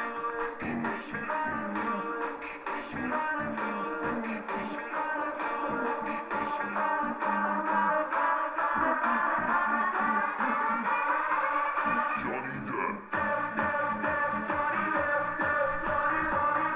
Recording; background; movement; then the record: throat clearing; music; sitting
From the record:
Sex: female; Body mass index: 36.4 kg/m2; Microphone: on the chest, facing the body